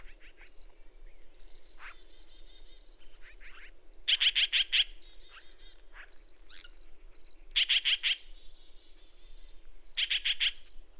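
Bird giving three short, loud bursts of rapid repeated notes a few seconds apart, over faint chirps and a steady high hum.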